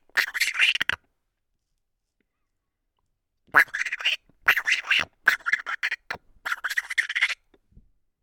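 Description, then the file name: Chipmunk chattering: a rapid, rattling burst of harsh pulses, then a pause of over two seconds and four more quick chattering bursts in close succession. "Chipmunk Vocalization"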